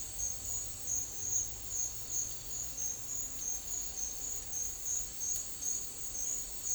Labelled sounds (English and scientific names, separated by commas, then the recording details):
none
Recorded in secondary vegetation near Puerto Asís, Putumayo, Colombia, on 9 March 2025 at 11:00
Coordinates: 0.499, -76.323
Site G094